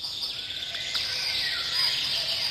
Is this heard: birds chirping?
yes